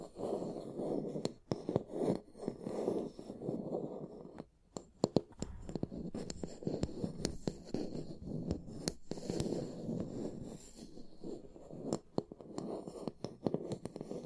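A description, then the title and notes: Tapping and scratching go on throughout: a steady, low scraping rustle with sharp, bright taps scattered over it, some in quick clusters around five to seven seconds and again near twelve. A brief lull comes just before the five-second mark. Tapping and Scratching (No Talking).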